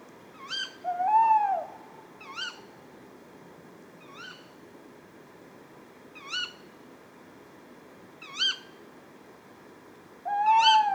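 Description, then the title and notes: Tawny owl calls: sharp kewick notes spaced about two seconds apart, with a hoot near the start and a loud hoot at the end. A pair at a pond, Etang de Beaumont, Drôme, France, at 4:30 am on 20 February 2020; recorded on a Nagra Seven with a Telinga Pro7 stereo parabola. "Une chouette nuit. 20 février 2020-4h30-Etang de Beaumont - Drôme. ECOUTEZ NATURE. un couple de Chouette hulotte (Strix aluco)"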